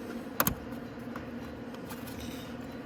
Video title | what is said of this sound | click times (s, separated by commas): Changing the Ignition on your Venom x20 125cc Motorcycle - Venom Motorsports | it clicks. There we go. And now our clip's back in. | 0.4 s, 0.5 s